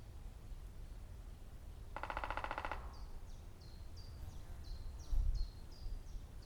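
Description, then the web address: Three-toed woodpecker drum, a brief machine-like roll lasting under a second, followed by repeated thin descending chirps at a steady pace and a low thump. "Picchio tridattilo"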